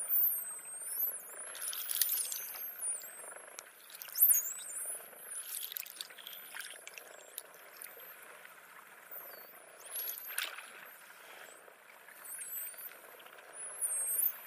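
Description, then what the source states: Dolphin whistles: many very high, looping and rising-falling squeals, with bursts of clicking and crackling water noise between them. Voices with whistles.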